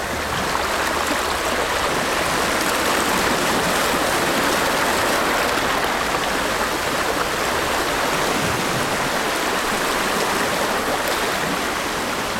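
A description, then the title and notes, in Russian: Gentle ocean waves wash over sand, making a dense, continuous fizzing rush with no clear breaks between them. The hiss stays bright and fairly level for the whole stretch, swelling slightly around the middle, with a faint low rumble underneath. Нежные океанские волны на песке | Тихоокеанский океан ASMR. Добро пожаловать на уединенный пляж, где солнце медленно уступает место вечерним сумеркам. Запись сделана на спокойном пляже Мьюр в округе Марин, с видом на обширные просторы востока.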